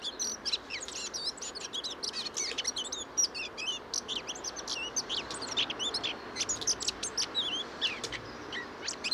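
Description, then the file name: Eurasian blackcap warbling song, a fast run of high chirps, twitters and short whistled slurs, continuous throughout with faint background hiss. "Sylvia atricapilla"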